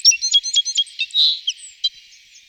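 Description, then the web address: Citril finch singing: a quick jumble of high twittering notes and short buzzy trills, fast and varied, with a brief rasping buzz in the middle. Recorded in 2004. "gesang. roche 2004 zitronengirlitz"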